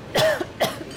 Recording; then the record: coughing mixed with background sound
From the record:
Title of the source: Coughing Woman Sound - Woman Cough Sound Effect